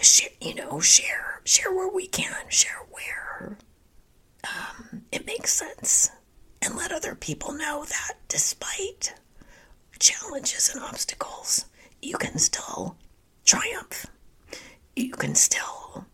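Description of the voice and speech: Adult woman speaking with spasmodic dysphonia: a largely whispery, breathy voice that sounds like laryngitis, with only brief moments of clear voicing and frequent pauses.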